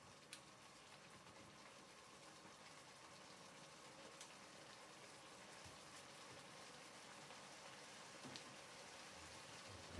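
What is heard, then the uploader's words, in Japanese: Eggplant stewing in tomato sauce simmers with a steady, dense crackling hiss, broken by a few sharp pops near the start, middle and end. 環境音 ナスのトマト煮込み。ベーコンの代わりにちくわをいれてみました。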